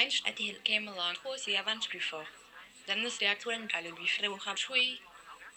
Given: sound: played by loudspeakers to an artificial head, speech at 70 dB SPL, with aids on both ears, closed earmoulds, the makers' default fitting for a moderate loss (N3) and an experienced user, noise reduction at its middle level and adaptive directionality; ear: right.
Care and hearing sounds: speech test signal (ISTS) in cocktail-party noise; +6 dB; in front (0 degrees)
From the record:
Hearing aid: class 1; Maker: I

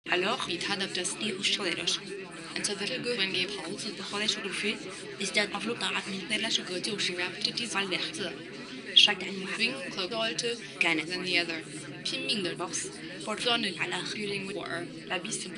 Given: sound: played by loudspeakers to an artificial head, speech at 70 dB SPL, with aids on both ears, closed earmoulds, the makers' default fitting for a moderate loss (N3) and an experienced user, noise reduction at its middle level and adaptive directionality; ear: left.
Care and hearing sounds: speech test signal (ISTS) in cocktail-party noise; 0 dB; in front (0 degrees)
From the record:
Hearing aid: class 2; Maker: B

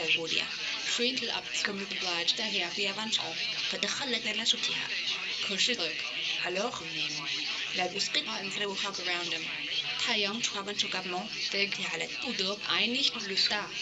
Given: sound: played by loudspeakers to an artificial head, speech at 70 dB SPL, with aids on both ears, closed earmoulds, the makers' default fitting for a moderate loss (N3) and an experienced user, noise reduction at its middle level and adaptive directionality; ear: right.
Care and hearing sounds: speech test signal (ISTS) in cocktail-party noise; +9 dB; in front (0 degrees)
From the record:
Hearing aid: class 1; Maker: A

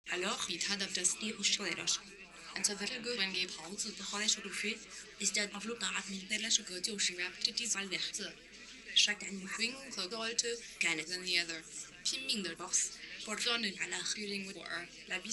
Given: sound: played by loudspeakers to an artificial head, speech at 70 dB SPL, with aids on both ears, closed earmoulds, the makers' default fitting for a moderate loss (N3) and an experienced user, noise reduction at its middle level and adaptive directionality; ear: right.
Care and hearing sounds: speech test signal (ISTS) in cocktail-party noise; +9 dB; in front (0 degrees)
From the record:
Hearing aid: class 1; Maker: H

